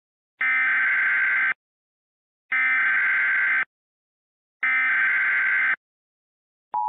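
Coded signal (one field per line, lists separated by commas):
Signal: Emergency Alert System (SAME) tones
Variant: header bursts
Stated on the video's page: Fictional scenario alert with valid tones, carried on Xfinity and Spectrum cable.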